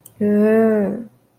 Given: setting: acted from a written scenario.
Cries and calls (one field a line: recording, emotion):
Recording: vocal sound without words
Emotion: disgust